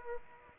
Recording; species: mosquito wingbeat signal from an infrared sensor; Aedes aegypti